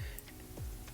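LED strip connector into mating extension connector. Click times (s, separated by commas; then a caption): 0.2 s. A small plastic 12V LED strip connector, for an RGB white light strip in a PC case build, has its groove lined up with the mating extension connector and is pushed in. A sharp, short click is heard at 0.2 s as the connector seats, over a steady low background hum.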